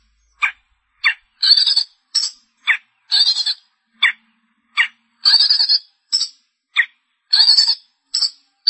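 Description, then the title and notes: Long-tailed shrike mixes short clicking notes with harsh, buzzy rasping calls. Recorded March 2017. "Pentet 201703. Suara burung pentet"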